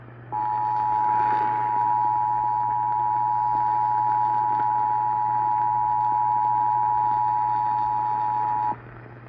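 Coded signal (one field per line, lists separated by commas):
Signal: Emergency Alert System (SAME) tones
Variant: 853 and 960 Hz attention tone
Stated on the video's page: EAS severe thunderstorm warning received on 820 AM.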